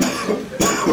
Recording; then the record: coughing mixed with background sound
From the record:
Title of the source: Spring Cold Coughing 3